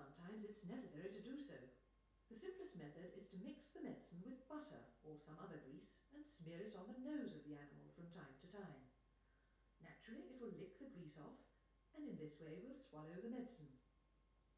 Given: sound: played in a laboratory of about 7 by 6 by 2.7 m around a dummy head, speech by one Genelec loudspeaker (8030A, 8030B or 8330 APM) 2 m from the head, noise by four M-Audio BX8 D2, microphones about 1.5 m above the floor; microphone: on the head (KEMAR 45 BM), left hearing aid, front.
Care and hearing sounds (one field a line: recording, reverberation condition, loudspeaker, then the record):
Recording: female speech in English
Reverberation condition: medium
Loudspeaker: 120 degrees to the right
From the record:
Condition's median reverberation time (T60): about 510 ms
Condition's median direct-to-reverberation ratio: about -0.5 dB